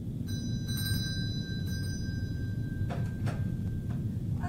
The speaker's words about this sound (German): Bedienen Sie die Klingel, Watson.